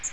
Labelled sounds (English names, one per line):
Magnolia Warbler flight call